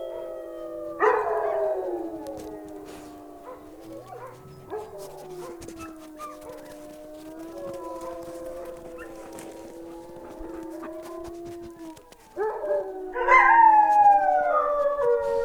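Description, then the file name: Wolf: wolves howling, a long low steady howl held through the middle, framed by sudden bursts of higher howls at the start and end. Several wolves howling. "Wolves Howling Wolf Howling - Wolves Howling At The Moon"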